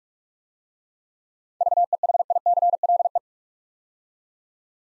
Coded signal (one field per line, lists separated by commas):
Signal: Morse code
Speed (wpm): 44 wpm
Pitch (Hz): 700 Hz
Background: none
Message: VEHICLE